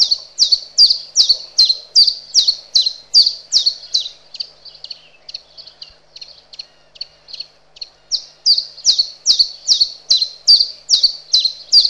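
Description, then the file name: Common chiffchaff song, a steady series of high, slightly downslurred notes, two or three per second, growing quieter midway before resuming loudly. "Zilpzalp"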